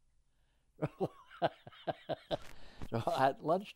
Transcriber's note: laughs